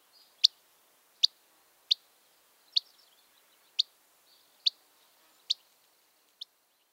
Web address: Gray Flycatcher